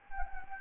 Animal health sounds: mosquito wingbeat signal from an infrared sensor; Anopheles gambiae

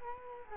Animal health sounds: mosquito wingbeat signal from an infrared sensor; Culex quinquefasciatus

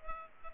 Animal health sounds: mosquito wingbeat signal from an infrared sensor; Culex pipiens

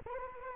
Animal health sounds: mosquito wingbeat signal from an infrared sensor; Anopheles arabiensis

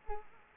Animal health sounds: mosquito wingbeat signal from an infrared sensor; Culex quinquefasciatus

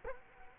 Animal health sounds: mosquito wingbeat signal from an infrared sensor; Culex quinquefasciatus

